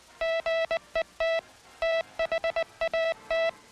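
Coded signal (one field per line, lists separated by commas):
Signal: Morse code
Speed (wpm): 20 wpm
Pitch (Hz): 660 Hz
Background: music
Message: GET THAT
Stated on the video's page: Hand key sending of International Morse code by a United States Army operator; archival footage.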